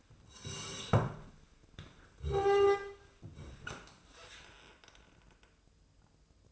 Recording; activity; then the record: daily activity, microphone in the room; sit down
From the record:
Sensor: 2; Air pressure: 1005.0 hPa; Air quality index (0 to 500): 98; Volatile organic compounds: 2 ppm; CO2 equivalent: 1186 ppm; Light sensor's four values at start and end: 7/16/6/7 and 7/16/7/7